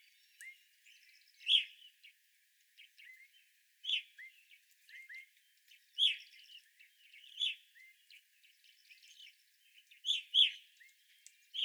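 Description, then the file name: Evening grosbeak calls, bright emphatic chirps at irregular intervals, with faint upward-hooked notes and quiet chatter between them. Evening grosbeaks, 25 April 2021. "2021-04-25 Evening Grosbeaks"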